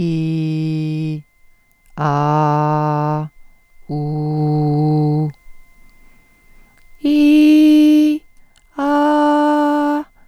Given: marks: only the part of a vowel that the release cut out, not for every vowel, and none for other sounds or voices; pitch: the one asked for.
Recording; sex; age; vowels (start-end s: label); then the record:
sustained vowels; female; 70 to 79 years
0.00-1.09 s: vowel /i/, normal pitch
2.10-3.13 s: vowel /a/, normal pitch
4.00-5.21 s: vowel /u/, normal pitch
7.10-8.09 s: vowel /i/, high pitch
8.90-9.94 s: vowel /a/, high pitch
From the record:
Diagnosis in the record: presbyphonia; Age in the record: 74 years